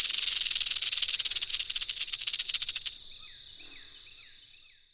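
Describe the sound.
Timber rattlesnake rattle: a loud, rapid, dry buzzing rattle for about three seconds, then it stops; afterwards a steady high tone and repeated down-swooping whistles.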